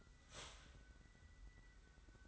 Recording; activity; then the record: daily activity, microphone in the room; start toaster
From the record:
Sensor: 3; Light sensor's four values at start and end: 39/92/37/35 and 39/93/37/35